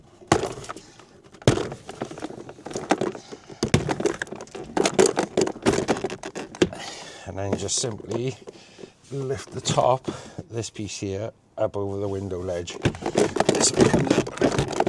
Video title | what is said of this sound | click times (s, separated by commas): 2008-2013 Citroen C4 Grand Picasso Drivers Window Regulator Motor Mechanism Replacement | Slowly pry it around the edge like that. And you'll hear the pop clips coming out. | 0.3 s, 1.5 s, 2.9 s, 3.7 s